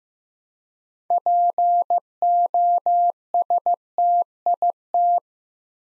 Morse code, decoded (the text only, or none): POSTIT